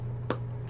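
A snap-on accessory module is pressed onto the back of a Motorola Moto Z3 Droid, over the new back glass, against a steady low hum. It snaps into place with one sharp click at 0.3 s, followed by a faint softer sound near 0.7 s. The module is seated.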